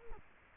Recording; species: mosquito wingbeat signal from an infrared sensor; Culex quinquefasciatus